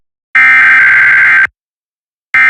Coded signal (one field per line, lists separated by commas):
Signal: Emergency Alert System (SAME) tones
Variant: header bursts